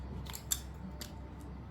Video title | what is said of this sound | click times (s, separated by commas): 5 Shelf Adjustable Shelving Unit Assembly (AmazonBasics, but similar to others) | You heard how it clicked in. | 0.5 s